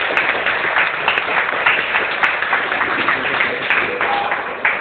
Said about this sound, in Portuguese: Pode ficar de pé, aplaudir a Deus.